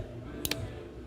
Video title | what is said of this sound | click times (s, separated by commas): Outer door handle removal and install 2020 Ford Escape Part 2 | see that it clicked in there and then that stays there | 0.5 s